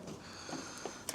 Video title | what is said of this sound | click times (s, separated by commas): VW Crafter Auxbeam Lighting Upgrade | Simply push it together and you'll hear a little click. | 1.1 s